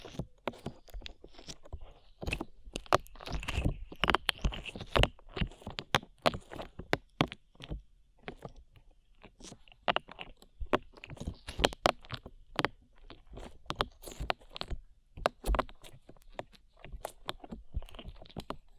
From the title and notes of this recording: ASMR SLIME IN YOUR EARS 3Dio Sticky Sounds (No Talking).